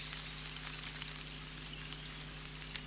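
Steady rain from a rainstorm patters onto a pond's surface, countless tiny drops hissing and ticking at a constant level with occasional brighter splashes, under a low hum, with no voices.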